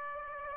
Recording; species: mosquito wingbeat signal from an infrared sensor; Aedes aegypti